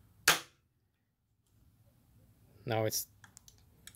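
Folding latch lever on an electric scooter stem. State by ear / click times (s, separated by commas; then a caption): seated / 0.3 s. The folding latch lever on the stem of an Apollo City 2022 / City Pro electric scooter is clamped shut under tension to fix stem wobble, giving a loud, sharp snap at 0.3 s. Someone talks briefly afterward, followed by a few faint light ticks. The latch is seated and the stem is tight.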